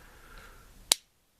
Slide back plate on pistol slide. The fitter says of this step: and you'll hear it pop